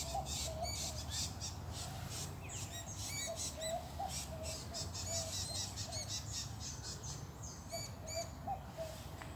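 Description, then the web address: Dusky myzomela calling with rapid, high, thin chirps in irregular clusters throughout, a fainter lower warbled note now and then, and a constant low background hum. "sound Dusky-myzomela. صدای-پرنده-عسل-خوار-قهوه-ای"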